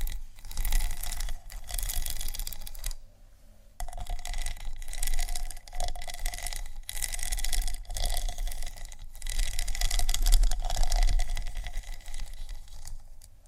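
Scratching sounds: dry, bright strokes repeat in quick, fairly regular runs, each rasp bleeding into the next. A short silence breaks the pattern near the three-second mark before the scratching resumes at similar density. A faint low rumble sits underneath throughout.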